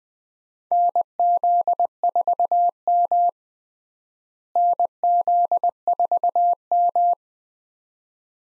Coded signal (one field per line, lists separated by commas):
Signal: Morse code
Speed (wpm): 20 wpm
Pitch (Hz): 700 Hz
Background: none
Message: NZ4M NZ4M